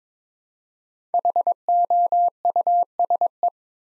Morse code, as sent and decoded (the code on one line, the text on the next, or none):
.... --- ..- ... .
HOUSE